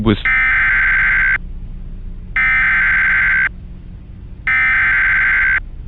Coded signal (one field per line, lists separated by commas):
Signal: Emergency Alert System (SAME) tones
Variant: header bursts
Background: speech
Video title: EAS Mock - Severe Thunderstorm Warning (National Weather Service Charleston, SC)